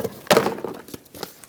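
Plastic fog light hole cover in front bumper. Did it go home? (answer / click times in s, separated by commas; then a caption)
released / 0.3 s. An old plastic fog light hole cover is pried out of the front bumper of a 2006-2011 Honda Civic with a flat blade screwdriver. A loud, sharp plastic pop at 0.3 s marks the cover popping free, followed by fainter knocks and rattles around 0.4, 0.5 and 1.2 s. The cover is released from the bumper.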